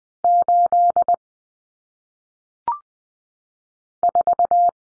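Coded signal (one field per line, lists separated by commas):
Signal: Morse code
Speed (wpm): 20 wpm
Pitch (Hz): 700 Hz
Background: none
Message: 8 4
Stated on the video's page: Morse drill of common single-digit cut numbers at 20 wpm for head-copy practice.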